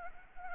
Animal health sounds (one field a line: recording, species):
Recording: mosquito wingbeat signal from an infrared sensor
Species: Anopheles arabiensis